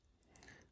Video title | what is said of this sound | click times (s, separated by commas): Transformers Blokees Galaxy Wave 8 Unboxing & Full Breakdown! | And I you'll see you'll hear a click sound. | 0.4 s